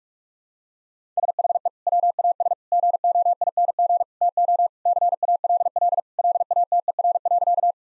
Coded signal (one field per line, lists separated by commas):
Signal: Morse code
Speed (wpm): 46 wpm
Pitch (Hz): 700 Hz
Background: none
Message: SHE WAS GOING TO CALL LATER.